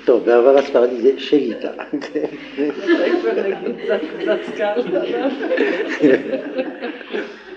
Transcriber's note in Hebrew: צחוק